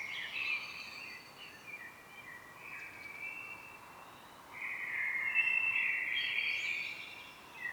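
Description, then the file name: Common blackbird singing short mellow whistled phrases, the loudest a drawn-out warble in the second half, with constant hiss behind. "Turdus merula"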